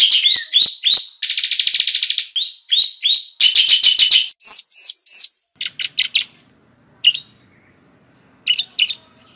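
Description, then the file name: Bar-winged prinia song: dense buzzy rattles and sweeping notes at first, thinning to scattered short chirps with longer silences toward the end. "suara burung ciblek semi"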